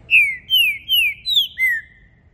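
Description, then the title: Green-winged saltator song: five loud, clear whistled notes in quick succession, each slurring downward, the phrase lasting about two seconds. Trinca-ferro song used to warm up a bird for a singing contest; calling, singing and acting aggressive, switching between several song types, meant to open the bird's song. "ESQUENTAR Seu TRINCA Piando, Cantando E Macheando Na DISPUTA. Trinca Ferro VALENTE! VIRANDO VARIOS TIPOS DE CANTOS!! ABRIR O CANTO!!"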